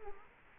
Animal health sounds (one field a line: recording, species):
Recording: mosquito wingbeat signal from an infrared sensor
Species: Culex quinquefasciatus